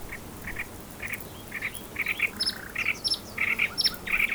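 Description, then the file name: Common nightingale song with choppy, harsh repeated notes and scattered high thin whistles, delivered in uneven bursts. "Luscinia megarhynchos"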